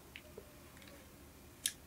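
A crimped metal terminal is pushed into a cavity of a plastic connector housing for a MAP sensor. A faint tick comes at 0.2 s, then a sharp, bright click at 1.7 s as the terminal seats in the housing.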